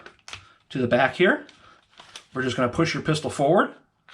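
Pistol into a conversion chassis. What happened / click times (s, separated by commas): The part is being handled but has not seated yet / none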